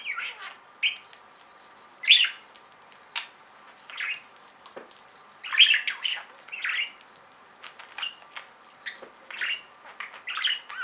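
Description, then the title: Budgerigar giving short scratchy chirps and squawks at irregular intervals, interspersed with light clicks and taps. "Budgie Sounds"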